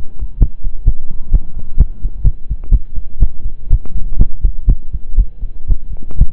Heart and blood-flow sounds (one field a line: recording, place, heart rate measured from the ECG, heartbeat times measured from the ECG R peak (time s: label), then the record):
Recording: heart sounds by stethoscope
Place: between the tricuspid and mitral areas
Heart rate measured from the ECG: 125 bpm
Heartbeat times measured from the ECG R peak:
0.39 s: heartbeat
0.84 s: heartbeat
1.30 s: heartbeat
1.76 s: heartbeat
2.22 s: heartbeat
2.70 s: heartbeat
3.19 s: heartbeat
3.69 s: heartbeat
4.17 s: heartbeat
4.66 s: heartbeat
5.16 s: heartbeat
5.66 s: heartbeat
6.17 s: heartbeat
From the record:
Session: slow and fast walking with breaks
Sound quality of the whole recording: saturated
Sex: male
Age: 25 years